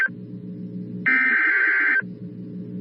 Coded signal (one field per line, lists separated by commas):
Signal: Emergency Alert System (SAME) tones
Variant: header bursts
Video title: Tornado Warning EAS during Arthur on Nicktoons (June 11, 2026, FAKE)